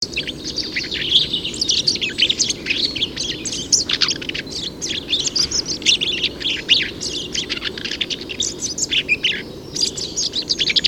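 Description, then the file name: Eurasian blackcap calling, a dense run of high, sharp chirps and twittering notes that carries on without a break through the whole stretch, over a faint low rumble. "Sylvia atricapilla"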